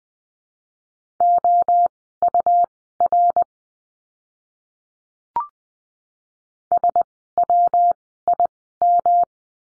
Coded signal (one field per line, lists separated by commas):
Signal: Morse code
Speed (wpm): 20 wpm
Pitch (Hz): 700 Hz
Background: none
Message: OUR SWIM